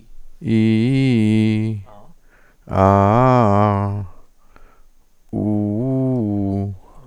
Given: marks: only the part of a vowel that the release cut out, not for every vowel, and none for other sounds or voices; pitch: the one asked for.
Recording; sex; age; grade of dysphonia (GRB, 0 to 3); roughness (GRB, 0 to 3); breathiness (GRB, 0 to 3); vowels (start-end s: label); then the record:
sustained vowels; male; 50 to 59 years; 1; 1; 0
0.57-1.62 s: vowel /i/, low-high-low pitch
2.80-3.79 s: vowel /a/, low-high-low pitch
5.45-6.63 s: vowel /u/, low-high-low pitch
From the record:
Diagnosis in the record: cordectomy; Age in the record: 52 years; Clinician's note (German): Zustand nach partieller Chordektomie